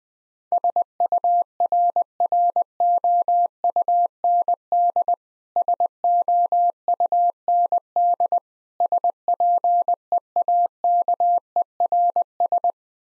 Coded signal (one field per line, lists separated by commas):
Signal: Morse code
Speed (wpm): 20 wpm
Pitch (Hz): 700 Hz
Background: none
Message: SURROUND SOUND SPEAKERS